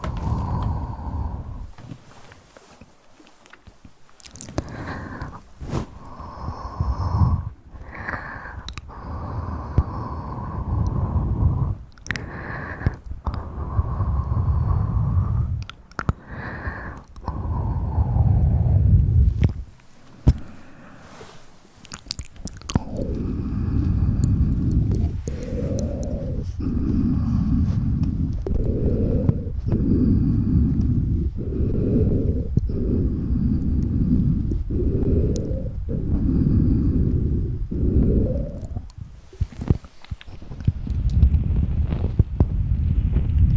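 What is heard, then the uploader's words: Mouth sounds and hand movements: a low rumbling hum broken by sharp clicks and taps, shifting to warbling, bubbling tones after twenty seconds. Mouth sounds, hand movements at sensitivity.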